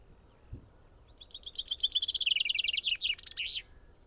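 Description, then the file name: Common chaffinch song: after a brief soft thump, a rapid descending series of chirpy notes closes with an emphatic flourish. "Fringilla coelebs"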